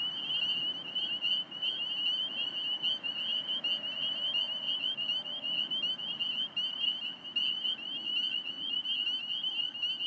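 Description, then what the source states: Spring peepers producing a continuous ringing chorus of sharp high peeps, steady throughout, over a quiet rumble of road traffic. Belle View, Alexandria, Virginia, 27 March 2017, 8:06 pm; calling despite recently mowed cattail and grass habitat; traffic from Fort Hunt Rd in background; recorded on iPhone 6+ with Rode Recording app.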